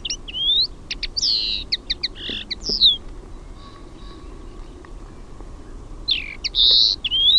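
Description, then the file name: Common linnet twittering song in two bursts of mixed chirps, short trills and buzzy notes, separated by a quiet spell. "HEMPPO"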